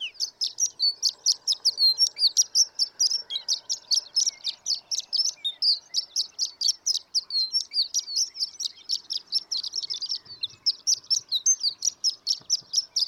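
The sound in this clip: Horned lark singing a sustained, rapid stream of high, jingling twitters that runs almost unbroken.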